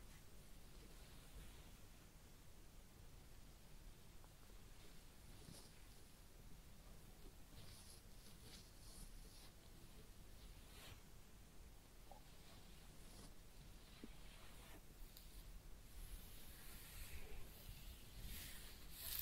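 A head massage with ear cleaning, heard as a steady, dense bed of rubbing and low rumbling scratches. Brighter crackly brushing sweeps come through now and then, around eight and eleven seconds, and grow more frequent and slightly louder over the last few seconds.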